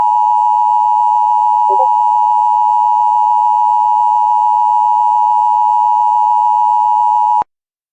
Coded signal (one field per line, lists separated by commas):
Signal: Emergency Alert System (SAME) tones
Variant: 853 and 960 Hz attention tone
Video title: EAS Alerts from 10/24/2023